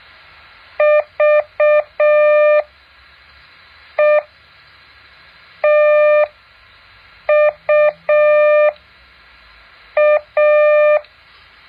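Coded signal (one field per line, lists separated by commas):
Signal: Morse code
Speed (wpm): 6 wpm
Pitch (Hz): 600 Hz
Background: none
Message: VETUA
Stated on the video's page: Morse code practice exercise.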